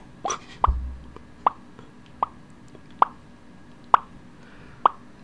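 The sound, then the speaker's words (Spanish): A person makes mouth plops, about seven short hollow pops repeated at a fairly steady pace, each crisp and mid-pitched against a quiet background, with one dull low thump near the start. “un plop.”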